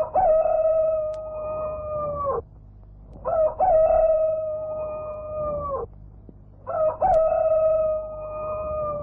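A rooster by a river crows three times one afternoon, each call long, loud and drawn out on a steady, high, harmonic pitch, separated by short quiet gaps with no talking.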